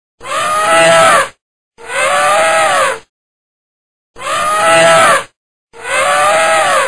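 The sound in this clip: Elephant trumpeting in four blasts, each about a second long, given as two pairs separated by a short silence.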